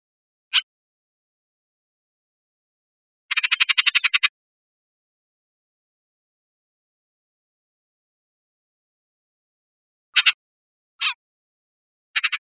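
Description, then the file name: Bullock's oriole calls: one sharp note, a quick dry rattle lasting about a second, then a few short harsh notes in a quiet background. Recorded 5 May 2002. "CR BUOR 050502"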